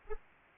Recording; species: mosquito wingbeat signal from an infrared sensor; Anopheles arabiensis